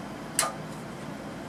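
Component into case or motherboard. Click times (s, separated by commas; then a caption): 0.4 s. A computer component is pushed through into its slot in a case or motherboard, a tight-fitting part. It pops into place with a single sharp click at 0.4 s over a steady low hiss, and it is seated.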